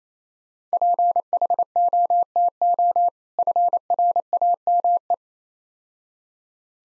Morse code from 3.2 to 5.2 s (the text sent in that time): FRAME